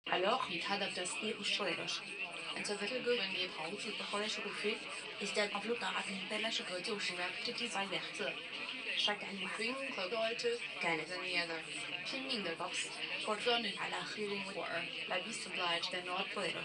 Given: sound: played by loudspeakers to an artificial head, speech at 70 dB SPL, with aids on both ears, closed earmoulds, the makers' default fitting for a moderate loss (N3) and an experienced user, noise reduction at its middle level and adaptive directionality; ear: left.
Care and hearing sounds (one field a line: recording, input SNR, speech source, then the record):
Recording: speech test signal (ISTS) in cocktail-party noise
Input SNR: +9 dB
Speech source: on the right (90 degrees)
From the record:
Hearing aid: class 2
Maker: I